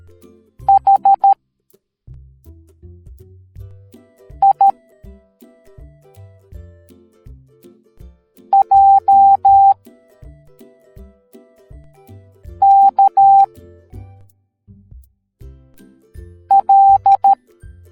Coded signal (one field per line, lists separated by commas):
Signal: Morse code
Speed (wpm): 13 wpm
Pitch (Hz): 790 Hz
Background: music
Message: H I J K L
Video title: Lego Minifigure Teaching the Morse Code Alphabet Educational Video for Kids